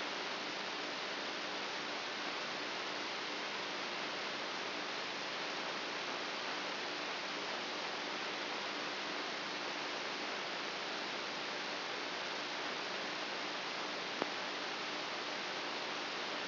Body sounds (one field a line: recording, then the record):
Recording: brain microelectrode recording played as sound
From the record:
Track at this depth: inside the subthalamic nucleus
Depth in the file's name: 4.64 mm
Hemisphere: right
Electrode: 2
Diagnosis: Parkinson's disease